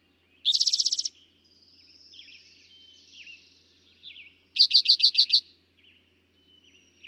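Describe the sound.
Eastern towhee singing two fast, even trills of ringing notes, with soft twittering between them.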